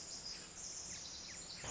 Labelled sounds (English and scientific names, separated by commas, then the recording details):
Pacific Wren (Troglodytes pacificus)
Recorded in Sonoma County, California